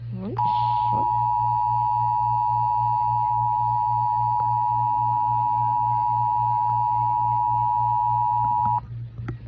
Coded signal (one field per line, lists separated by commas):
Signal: Emergency Alert System (SAME) tones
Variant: 853 and 960 Hz attention tone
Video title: Reacting to Some EAS ALERTS On my Nintendo Switch. (These is not actual Emergencies)